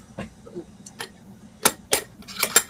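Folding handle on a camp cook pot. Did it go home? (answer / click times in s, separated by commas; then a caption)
no / none. The folding metal handle of a camp cook pot is flipped over by hand, giving faint ticks and then sharp metallic clatter hits around 1.7, 1.9, 2.4 and 2.6 seconds. The clip ends before the handle locks, so nothing has seated or clicked into place yet.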